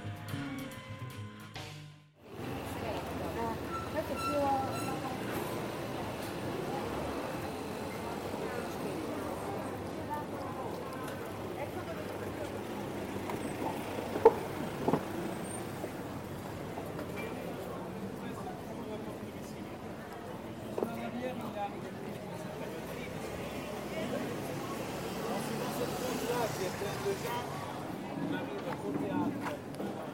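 Street sounds in Taormina, Sicily: a steady murmur of voices and low traffic rumble fills the clip. After a brief drop near the two-second mark, the din holds fairly even. A few sharp clicks or knocks stand out around 14, 15 and 21 seconds.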